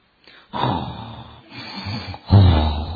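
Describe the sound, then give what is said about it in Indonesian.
A man's voice mimics snoring with three rough, throaty breaths, each a low rattling snort, the last one loudest and deepest. “Ngoroknya jadi ngorok ibadah.”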